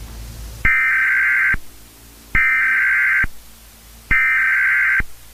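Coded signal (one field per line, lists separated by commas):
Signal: Emergency Alert System (SAME) tones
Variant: header bursts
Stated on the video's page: Fictional EAS scenario in found-footage analog horror.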